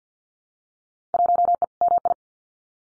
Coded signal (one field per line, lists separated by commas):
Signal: Morse code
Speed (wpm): 50 wpm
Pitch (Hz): 700 Hz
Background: none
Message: 1E MI